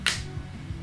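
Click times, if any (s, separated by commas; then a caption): 0.1 s. A bolt guide assembly is pushed gently back down into the breech of a Shocker SFT paintball marker until it seats. A sharp, bright click sounds at 0.1 s, followed by a low hum for the rest of the clip. The bolt guide is seated home in the breech.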